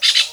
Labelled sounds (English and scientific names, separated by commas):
Brown-throated Parakeet (Eupsittula pertinax) contact call